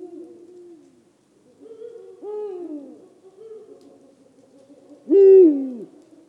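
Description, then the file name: Eurasian eagle-owl hooting: a few soft, low, descending hoots, then one loud, harsh, arched hoot that slurs downward near the end. "Der Uhu Ruf Voegel in Europa"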